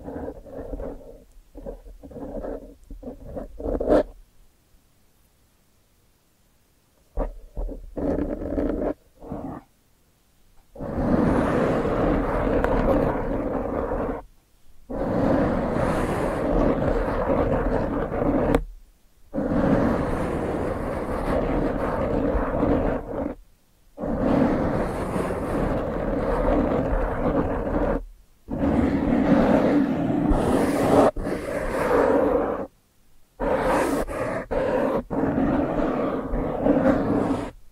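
ASMR brain-flossing sounds with no talking: rough, rumbling rustles that come in dense, steady stretches of about four seconds, each broken by a brief silence. The opening seconds hold short, choppy bursts, then a quiet pause before the longer passes begin.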